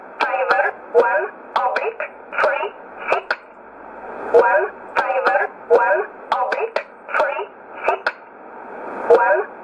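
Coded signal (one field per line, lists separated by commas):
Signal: numbers station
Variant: E11 Oblique, English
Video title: 14 04 2020 E11 Oblique Numbers station in English 0846 on 12202 unknown tx site in USB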